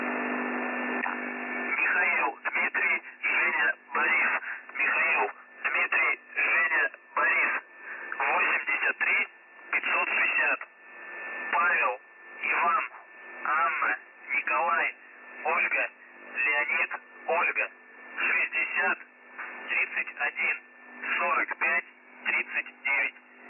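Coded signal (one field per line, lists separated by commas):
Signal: numbers station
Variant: UVB-76 voice message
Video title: UVB-76 4625 kHz USB voice message 14.01.13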